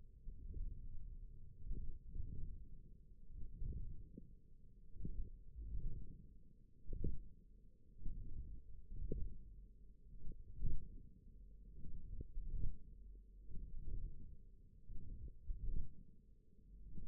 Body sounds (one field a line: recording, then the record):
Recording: forearm muscle sounds (acoustic myography)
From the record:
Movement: ulnar deviation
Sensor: system 1, eight BSWA MPA416 microphones around the upper forearm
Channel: 4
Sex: male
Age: 20 years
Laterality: left